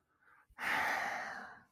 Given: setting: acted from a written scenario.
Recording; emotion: vocal sound without words; sadness